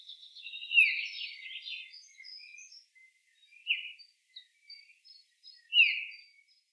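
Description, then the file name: Eurasian bullfinch call: soft, descending piped whistles, one early and two later, with fainter thin notes between. "Pyrrhula pyrrhula"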